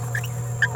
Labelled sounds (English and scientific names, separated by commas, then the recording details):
Green-rumped Parrotlet (Forpus passerinus) babbling
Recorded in a nest box in Venezuela
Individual 18B17A3